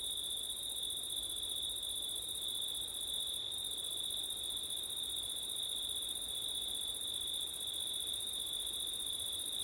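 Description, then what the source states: Cricket chorus, a constant shrill trill held without pause, a higher band above, with a gentle noisy hiss beneath. September night, with wind; ORTF stereo microphone setup.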